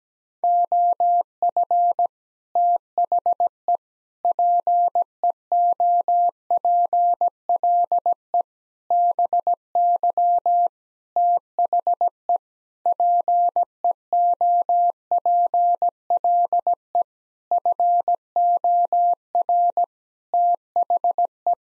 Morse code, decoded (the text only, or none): OF THE PEOPLE BY THE PEOPLE FOR THE